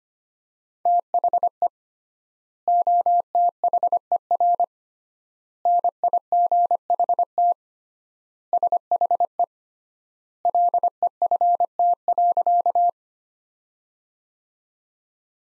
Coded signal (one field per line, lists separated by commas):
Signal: Morse code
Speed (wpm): 25 wpm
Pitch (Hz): 700 Hz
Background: none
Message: THE OTHER NIGHT SHE LEFT.